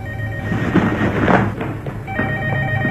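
A telephone rings in steady electronic tones, one burst at the start and another near the end, with a rough, rumbling wash of noise swelling in between and no voices.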